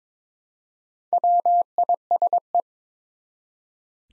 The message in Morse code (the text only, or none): WISE